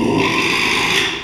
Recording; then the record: squeal of a Yucatan mini pig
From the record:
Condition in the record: after surgery on the right vocal fold (resection and tissue-engineered implant); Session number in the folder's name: 1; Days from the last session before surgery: 6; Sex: male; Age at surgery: 12 weeks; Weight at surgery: 13 kg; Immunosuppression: cyclosporine, prednisolone